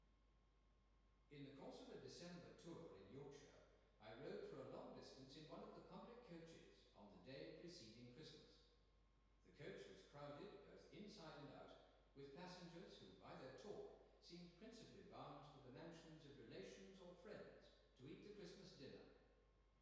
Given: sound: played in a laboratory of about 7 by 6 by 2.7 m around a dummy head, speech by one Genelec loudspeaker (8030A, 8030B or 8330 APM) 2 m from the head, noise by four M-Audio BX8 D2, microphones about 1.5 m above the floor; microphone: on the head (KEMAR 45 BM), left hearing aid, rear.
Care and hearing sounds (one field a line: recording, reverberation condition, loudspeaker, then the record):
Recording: male speech in English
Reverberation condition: high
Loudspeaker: 30 degrees to the right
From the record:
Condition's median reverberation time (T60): about 1300 ms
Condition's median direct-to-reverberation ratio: about -4.0 dB